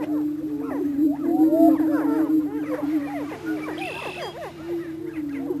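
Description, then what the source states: Greater prairie chickens: low continuous booming beneath many looping cackles, with a brief higher tone midway. Missouri.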